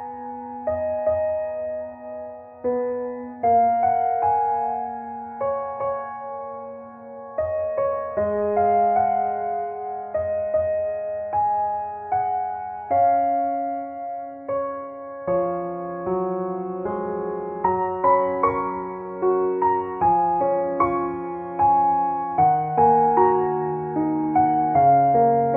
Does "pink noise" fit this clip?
no